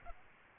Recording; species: mosquito wingbeat signal from an infrared sensor; Aedes albopictus